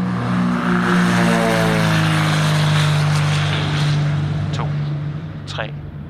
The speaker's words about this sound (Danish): Og der har han så for sidste gang kontakt med kontroltårnet, som giver ham lov til at lette, og det gør han så. Flyet suser ud af landingsbane nummer 36 og letter uden besvær.